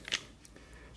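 A Samsung Galaxy Note 20 Ultra is pressed bottom edge first into a thin aramid-fibre Pitaka MagEZ slim protective case and snapped into place. A sharp, bright snap is heard at 0.1 s, followed by a much fainter click at 0.5 s against a quiet background. The phone ends up seated in the case.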